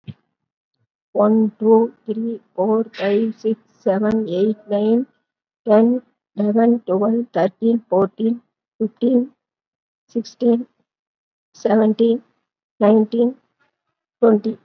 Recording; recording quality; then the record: counting at a fast pace; excellent, no background noise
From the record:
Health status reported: COVID-19 positive, mild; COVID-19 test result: positive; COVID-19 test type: RT-PCR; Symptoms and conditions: sore throat, another condition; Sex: female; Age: 66 years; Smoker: no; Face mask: not worn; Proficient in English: no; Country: India